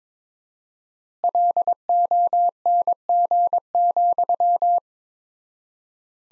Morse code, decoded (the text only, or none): LONG,